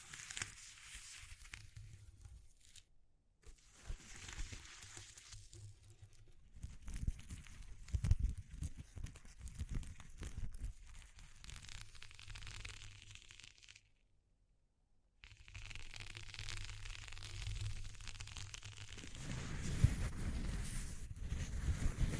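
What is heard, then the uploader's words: ASMR texture sounds: crinkling and crumpling rustles with fine scratchy detail and some soft low thumps of handling. The activity comes in bursts, with short silent gaps near three seconds and around fourteen to fifteen seconds, growing busier and fuller toward the end. ASMR Exploring Textures (No Talking).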